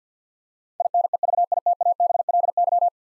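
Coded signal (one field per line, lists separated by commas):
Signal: Morse code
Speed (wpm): 48 wpm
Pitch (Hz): 700 Hz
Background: none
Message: INEVITABLY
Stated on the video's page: Morse practice drill of 10-letter words at 50 wpm; each word sent twice for head-copy.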